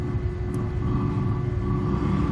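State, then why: Not seated. A carbon brush with its spring is slid into the brush holder of a sewing machine motor, after the cap was removed and a bent spring was fixed. A steady low hum and rumble runs throughout with no sharp sounds. The brush is only lined up in the holder, and nothing has seated or clicked yet.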